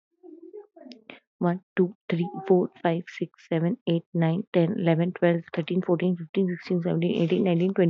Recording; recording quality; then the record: counting at a fast pace; excellent, no background noise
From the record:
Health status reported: healthy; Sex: female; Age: 25 years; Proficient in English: yes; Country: India